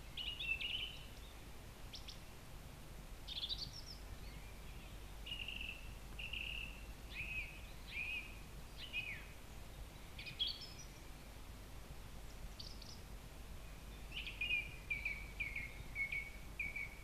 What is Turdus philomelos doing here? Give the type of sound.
song